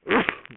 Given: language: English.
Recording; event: throat vibration sensor signal played as sound; cough